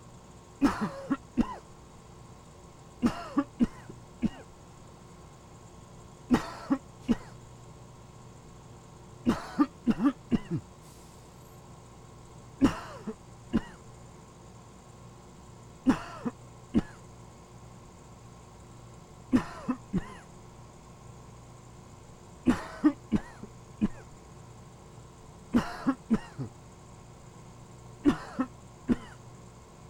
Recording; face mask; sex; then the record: voluntary coughing; surgical mask; male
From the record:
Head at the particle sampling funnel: turned sideways, cheek in front of it